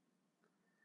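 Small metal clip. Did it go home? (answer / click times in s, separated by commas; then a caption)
no / none. A magazine release is being handled in a SIG 365XL grip module, with its small retaining clip being worked into place. Only faint, low-level handling noise is heard, with a slight rise around 0.4–0.5 s. Nothing has seated or clicked yet.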